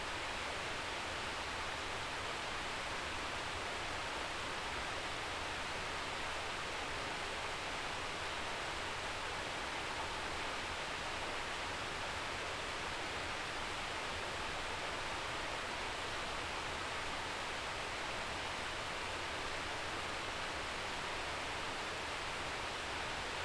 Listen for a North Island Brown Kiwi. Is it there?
no